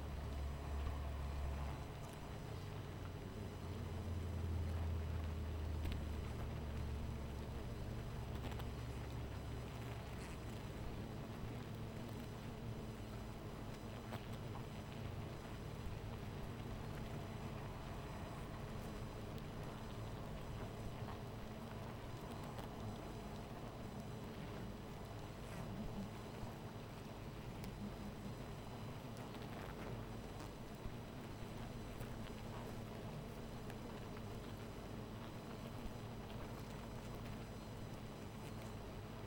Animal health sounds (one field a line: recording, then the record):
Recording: honeybee colony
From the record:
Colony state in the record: missing queen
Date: 14 July 2017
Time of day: 18:41